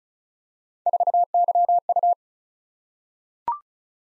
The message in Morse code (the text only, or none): 4YU